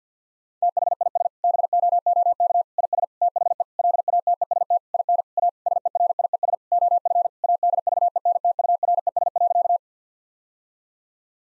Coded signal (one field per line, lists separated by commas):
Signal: Morse code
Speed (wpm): 49 wpm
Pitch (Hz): 700 Hz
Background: none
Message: THIS BOOK IS THE LATEST IN A SERIES OF ADVENTURES.